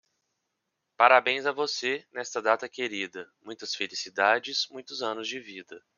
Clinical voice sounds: short text; Brazilian Portuguese; male; 30 to 39 years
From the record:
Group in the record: control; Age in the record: 34 years

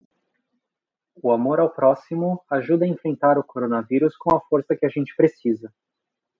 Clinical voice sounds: spoken sentence; Brazilian Portuguese; male; 20 to 29 years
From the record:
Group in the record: control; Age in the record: 27 years

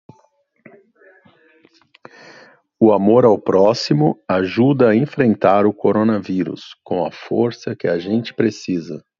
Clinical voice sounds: spoken sentence; Brazilian Portuguese; male; 40 to 49 years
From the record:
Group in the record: control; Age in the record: 49 years

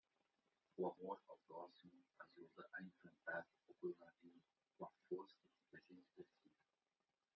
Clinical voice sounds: spoken sentence; Brazilian Portuguese; male; 50 to 59 years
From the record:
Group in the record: control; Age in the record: 53 years

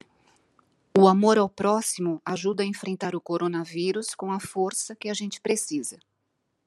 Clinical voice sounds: spoken sentence; Brazilian Portuguese; female; 50 to 59 years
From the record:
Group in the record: control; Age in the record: 57 years

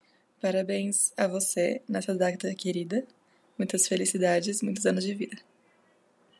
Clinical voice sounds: short text; Brazilian Portuguese; female; 20 to 29 years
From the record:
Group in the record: control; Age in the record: 23 years

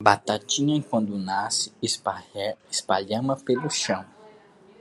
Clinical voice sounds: short text; Brazilian Portuguese; male; 30 to 39 years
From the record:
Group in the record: control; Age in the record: 30 years

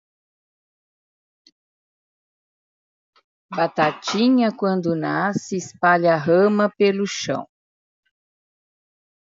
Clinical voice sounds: short text; Brazilian Portuguese; female; 60 to 69 years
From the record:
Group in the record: control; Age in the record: 68 years

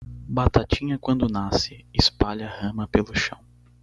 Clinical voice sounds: short text; Brazilian Portuguese; male; 20 to 29 years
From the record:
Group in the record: control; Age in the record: 22 years

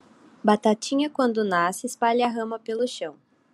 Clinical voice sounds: short text; Brazilian Portuguese; female; 20 to 29 years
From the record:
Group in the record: control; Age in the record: 22 years

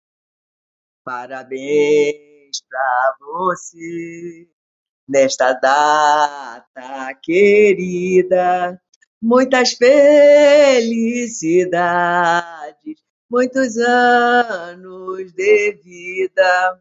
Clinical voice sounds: short text; Brazilian Portuguese; female; 70 to 79 years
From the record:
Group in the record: control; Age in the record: 74 years

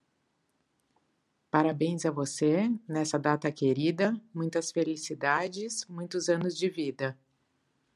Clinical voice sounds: short text; Brazilian Portuguese; female; 50 to 59 years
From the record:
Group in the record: control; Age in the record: 58 years

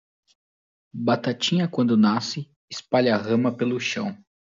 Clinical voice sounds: short text; Brazilian Portuguese; male; 20 to 29 years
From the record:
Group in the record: control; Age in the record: 27 years

